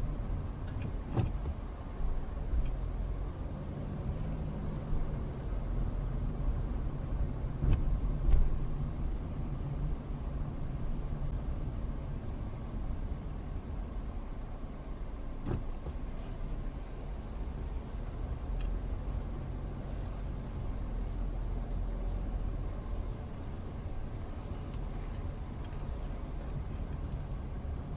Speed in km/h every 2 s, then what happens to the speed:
6, 10, 15, 15, 15, 11, 6, 3, 5, 8, 8, 8, 8, 6.
0-4 speeds up to 15. 8-14 slows to 3. 14-28 steady at about 8.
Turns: none.